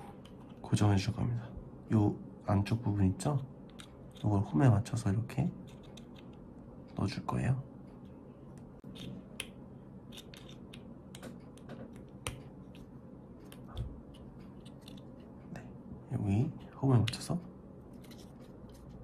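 In a kids' magnetic levitation anemometer build, a plastic fixing pin is lined up with the groove on the inner part of the anemometer base and pushed in while someone talks. Between the speech there are a few faint, sharp handling ticks. Nothing has seated or clicked into the groove yet.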